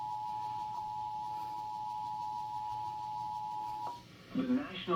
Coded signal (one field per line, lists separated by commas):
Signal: Emergency Alert System (SAME) tones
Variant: 853 and 960 Hz attention tone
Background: speech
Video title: Flash Flood Warning Extension on KBCA 41.1 | EAS #132